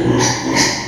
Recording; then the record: squeal of a Yucatan mini pig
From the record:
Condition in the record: before surgery on the right vocal fold (resection and tissue-engineered implant); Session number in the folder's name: 2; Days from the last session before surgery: 0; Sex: male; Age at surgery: 12 weeks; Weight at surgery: 13 kg